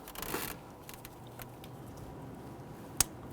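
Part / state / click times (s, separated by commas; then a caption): injector harness connector onto fuel injector / seated / 3.0 s. The plastic connectors of a fuel injector harness on a 2011-2017 Nissan Quest 3.5L V6 are lined up and pushed down onto the fuel injectors, with rustling handling noise and a few faint ticks in the first second and a half. A sharp, bright snap at 3.0 s marks a connector seating onto its injector.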